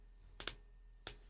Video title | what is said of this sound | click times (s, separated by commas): Positively Changing the Face of Gun Ownership with Dr. Ignatius Piazza | you kind of slip it in if you can see it this way there you go so yeah slip it into the belt like that and then hear that click | 0.4 s, 0.5 s, 1.1 s